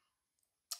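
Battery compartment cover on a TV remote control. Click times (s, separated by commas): 0.7 s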